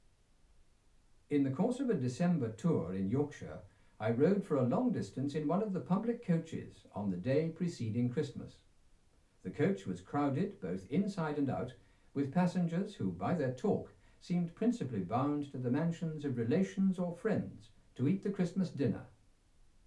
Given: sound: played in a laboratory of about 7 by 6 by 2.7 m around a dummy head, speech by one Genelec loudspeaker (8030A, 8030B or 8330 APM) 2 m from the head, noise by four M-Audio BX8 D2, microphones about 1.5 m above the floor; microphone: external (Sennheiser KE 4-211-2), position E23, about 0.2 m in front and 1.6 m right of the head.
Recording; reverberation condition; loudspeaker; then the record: male speech in English; low; in front (0 degrees)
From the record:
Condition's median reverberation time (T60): about 310 ms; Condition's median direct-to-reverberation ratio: about 3.5 dB